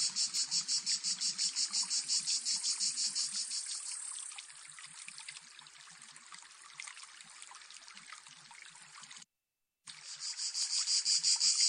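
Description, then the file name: Cicada song, a high shrill rasping buzz pulsing about three times a second, fading to a steadier drone midway, broken by a brief gap, then pulsing again. "Son cigale"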